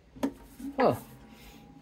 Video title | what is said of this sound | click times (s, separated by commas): Overhead Guitar- Teardown and first impressions. | just clicks right in here let's uh let's get it from a different angle | 0.2 s